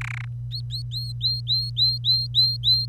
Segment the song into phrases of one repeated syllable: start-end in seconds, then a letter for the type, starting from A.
0.01-0.25 A, 0.51-2.85 B